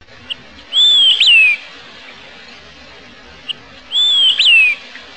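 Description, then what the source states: Olive-sided flycatcher flight call: a clear whistle that rises, peaks with a sharp inflection, then slides down, given twice about three seconds apart over steady hiss. Nocturnal flight call.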